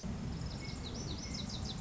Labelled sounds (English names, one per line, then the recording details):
Lazuli Bunting
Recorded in Sonoma County, California